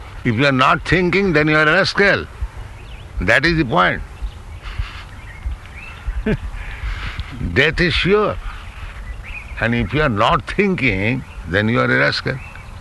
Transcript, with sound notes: If you are not thinking, then you are a rascal. That is the point. [laughs] Death is sure. And if you are not thinking, then you are a rascal.